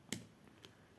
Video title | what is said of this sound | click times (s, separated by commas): Moment Nanoblock #nanoblock #aliexpress #loisirscreatifs #loisircreatif | ça y est ça s'enclochche voilà | 0.1 s